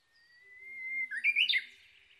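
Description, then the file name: Japanese bush warbler singing one phrase: a drawn-out whistle that gently rises, then a sudden loud, warbling burst climbing higher before fading. Recorded 22 May 2011 at 05:58. "uguisu-20110522-0558"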